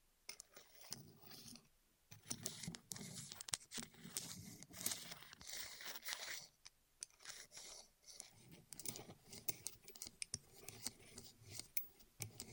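ASMR rolling sounds: dense, bright rustling and scraping that swells and fades in uneven waves, with many sharp clicks and ticks scattered throughout. Louder stretches around two to seven seconds give way to sparser, choppier bursts of crackle and tapping toward the end.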